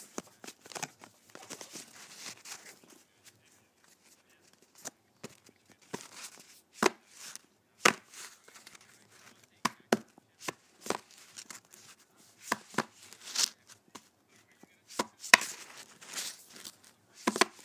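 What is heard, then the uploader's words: Playing cards are handled, with sharp papery flicks and snaps arriving irregularly, sometimes in quick clusters and sometimes with short pauses between. The sounds are crisp and bright, with a soft rustle and crinkle filling the gaps, and grow more frequent after about twelve seconds. ASMR Playing Cards.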